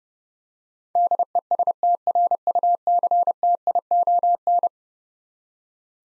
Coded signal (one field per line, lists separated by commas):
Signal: Morse code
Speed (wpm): 31 wpm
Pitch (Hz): 700 Hz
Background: none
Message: DESTRUCTION